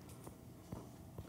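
Regular low thumps at roughly 130 a minute: the fast heartbeat of an adult man, heard through a microphone resting right on his chest.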